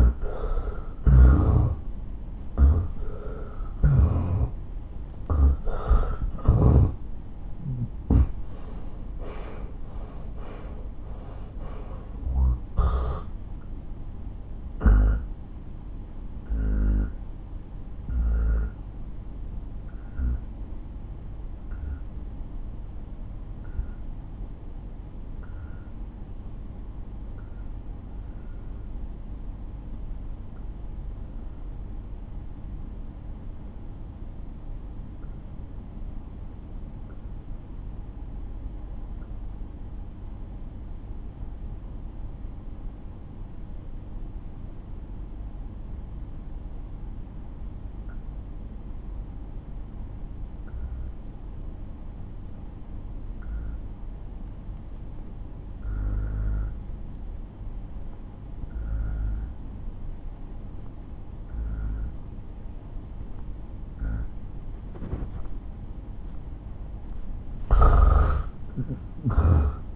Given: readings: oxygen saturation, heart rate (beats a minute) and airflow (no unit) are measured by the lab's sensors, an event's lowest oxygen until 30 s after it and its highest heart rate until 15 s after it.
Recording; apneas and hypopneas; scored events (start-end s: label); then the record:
breathing in sleep by a smartphone at the bedside; 1
4.00-34.00 s: new sleep stage, N1 (lightest sleep)
13.00-63.90 s: obstructive apnea (N1, oxygen 95% highest, then 79% lowest)
34.00-64.00 s: new sleep stage, N2 (light sleep)
64.00-69.96 s: new sleep stage, N1 (lightest sleep)
From the record:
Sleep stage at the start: N2 (light sleep); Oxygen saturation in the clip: 82 to 95%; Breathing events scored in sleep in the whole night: 217 in 6.3 hours asleep